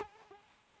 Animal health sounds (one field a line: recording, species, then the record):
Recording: mosquito flight sound by mobile phone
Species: Aedes sierrensis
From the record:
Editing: cut to the mosquito's sound